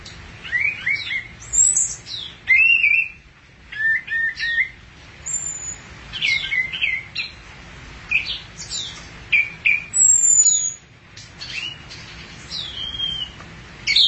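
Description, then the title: Thrush giving a steady stream of short varied phrases, rapid chirps and upward-flicking notes, with brief thin high whistles. "burung anis x"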